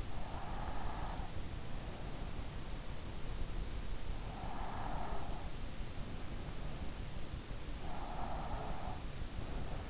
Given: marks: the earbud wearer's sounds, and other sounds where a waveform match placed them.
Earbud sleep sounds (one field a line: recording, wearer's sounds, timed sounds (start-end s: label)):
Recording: sounds in sleep by an in-ear microphone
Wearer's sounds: breath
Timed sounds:
0.00-1.43 s: breath
3.65-6.16 s: breath
7.65-9.39 s: breath